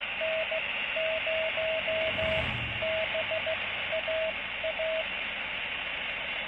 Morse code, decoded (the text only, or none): N0BAA